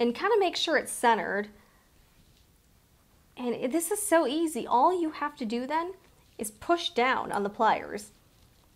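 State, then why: Not seated. A plastic KAM snap cap is lined up and centered in snap setter pliers, ready to be pressed into a snap socket through fabric. Someone talks throughout, with quiet gaps around 1.7–3.3 s and 6.0–6.4 s, and no distinct mechanical sound stands out. Nothing has been pressed, seated, or clicked yet.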